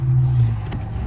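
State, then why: Not seated. A plastic passenger-side center console side trim panel is lined up with its slots and holes and handled into the center console of a 7th-gen Maxima, ahead of its rear clip being pressed home. A steady low hum with faint broadband rustle runs through the clip, with no sharp transients. Nothing has seated or clicked yet.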